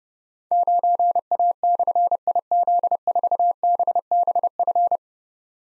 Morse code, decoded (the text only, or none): 9A/IZ4BBF